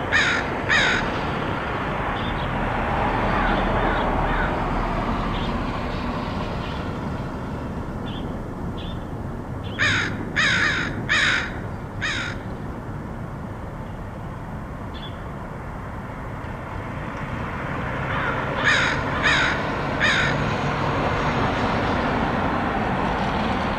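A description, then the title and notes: Crows caw in short bursts near the start, around ten to twelve seconds, and again near nineteen seconds, over a steady low rumble. Crows of Portland. Crows recorded by Dan Bodah in Portland, OR.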